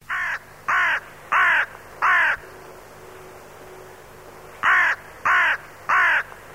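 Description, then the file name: Crow giving rough, grating caws: four in quick succession, a pause of about two seconds, then three more at the same pace. "vrana"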